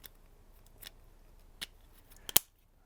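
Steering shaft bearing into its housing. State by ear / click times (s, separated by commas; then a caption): seated / 2.4 s. A freshly greased intermediate steering shaft bearing from a 1999–2006 Chevrolet/GMC truck is pressed back into its housing by hand. After a few faint clicks and ticks, it seats with a sharp, loud snap at 2.4 seconds, and the bearing is confirmed snapped in place.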